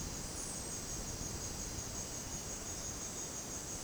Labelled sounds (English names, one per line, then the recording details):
none
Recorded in dense forest near Puerto Asís, Putumayo, Colombia, on 13 March 2025 at 18:00
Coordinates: 0.486, -76.317
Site G053